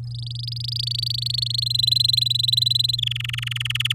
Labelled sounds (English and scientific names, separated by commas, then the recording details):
Domestic Canary (Serinus canaria) song
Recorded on 10 May 2018 at 12:03
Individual llb16